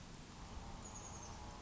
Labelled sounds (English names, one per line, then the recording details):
Chestnut-backed Chickadee
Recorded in Sonoma County, California